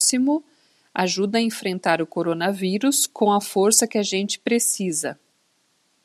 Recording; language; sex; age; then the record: spoken sentence; Brazilian Portuguese; female; 50 to 59 years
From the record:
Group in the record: control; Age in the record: 53 years